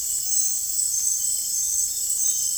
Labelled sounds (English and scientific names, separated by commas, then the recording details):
none
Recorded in dense forest near Puerto Asís, Putumayo, Colombia, on 22 June 2025 at 20:00
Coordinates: 0.503, -76.323
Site G059